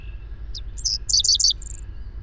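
Bird song: a short burst of high, bright chirps and quick twittering notes lasting about one and a half seconds, ending in a thin sustained whistle, over a low steady hum.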